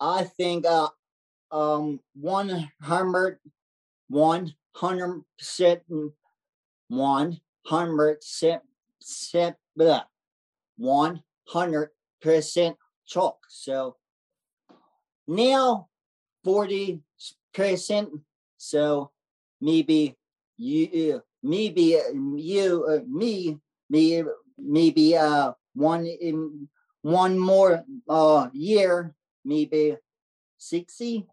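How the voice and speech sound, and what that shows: Halting speech from an adult man with aphasia three years after a stroke, now in speech therapy: long pauses, repeated phrases and groping for numbers and words.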